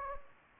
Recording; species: mosquito wingbeat signal from an infrared sensor; Anopheles gambiae